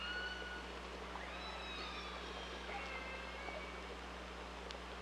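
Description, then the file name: Killer whale calls, faint thin tonal sweeps rising and falling over steady low hum, with a sharp click near the end. Killer whales recorded 16 July 2015 at 14h on channel 5. "Orques Orcalab 2015 07 16 14 h voie 5"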